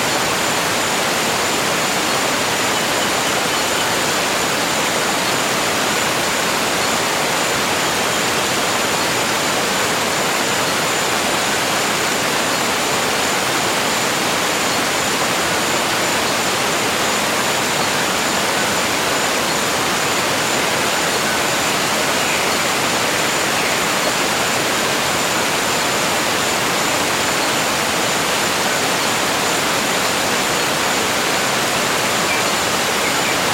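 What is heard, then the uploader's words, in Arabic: A rainforest waterfall pours in a steady, dense roar that stays even for the whole half-minute. The rush is full and hissing, reaching high into a bright spray, with a faint thin whine running constantly above it and no separate events standing out. شلال الغابة المطيرة | أصوات النوم من جبال كارداموم التايلاندية. في هذه الحلقة، نأخذكم إلى محمية طبيعية خفية في جبال كارداموم في تايلاند. إيقاع الشلال الثابت.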